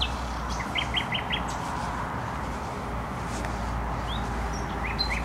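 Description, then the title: Nightingale song: short fragments with a quick series of four repeated notes, faint higher whistles and a few scattered phrases over a steady loud traffic roar. Singing in bushes close to a noisy motorway, Trasa Toruńska, Bródno-Podgrodzie, Warsaw, Poland; recorded with an Olympus LS-11. "Bródno-Podgrodzie, Warszawa, Polska - Trasa Toruńska Nightingale"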